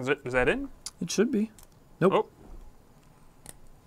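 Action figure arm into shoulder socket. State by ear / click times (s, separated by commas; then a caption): seated / 3.5 s. A plastic action figure arm is pushed into its shoulder socket while someone talks, with the first try failing. After the talking stops, a single sharp snap at 3.5 s shows the arm has seated in the socket.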